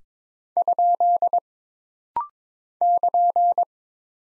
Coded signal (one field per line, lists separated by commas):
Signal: Morse code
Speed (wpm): 22 wpm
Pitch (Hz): 700 Hz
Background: none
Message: ? <KN>